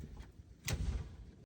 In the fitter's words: You want to hear a clicky sound.